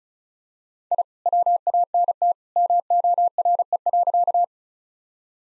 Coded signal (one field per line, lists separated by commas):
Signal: Morse code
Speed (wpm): 34 wpm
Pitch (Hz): 700 Hz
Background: none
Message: I WANT MORE.